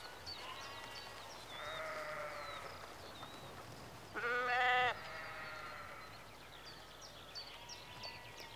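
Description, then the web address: Sheep bleating, a wavering bleat then a loud short bleat midway, with repeated chirpy bird notes in the background. Sheep in a rural exterior atmosphere, early evening, recorded mid close. "BBC Sound Effects Library BBC 52-Exterior Atmospheres-Rural Backg 10 Sheep Early Evening-Mid Close"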